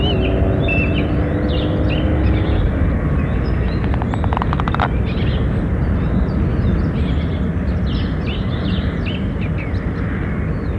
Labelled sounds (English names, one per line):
Common Frog call